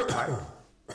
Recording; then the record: coughing mixed with background sound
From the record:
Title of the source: Mid-morning Winter Coughing Fit